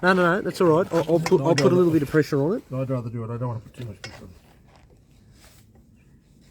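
A torque wrench is used to tighten the drain plug on the engine sump of an armoured personnel carrier, with pressure applied carefully to avoid stripping the thread. Someone talks for the first four seconds, followed by quiet, faint mechanical sounds with a small tick near 5.8 s. The wrench has not clicked yet.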